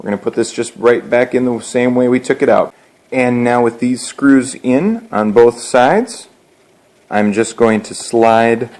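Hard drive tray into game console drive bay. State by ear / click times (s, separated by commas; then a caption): not seated / none. Someone talks while handling a replacement hard drive for a PS4, mounted in its metal tray with screws in on both sides, before sliding it into the console's drive bay. Only speech with short pauses is heard. Nothing has seated or clicked yet.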